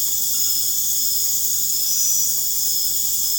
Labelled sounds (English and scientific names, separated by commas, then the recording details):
none
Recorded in pastures near Puerto Asís, Putumayo, Colombia, on 30 June 2025 at 00:00
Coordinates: 0.496, -76.326
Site GP01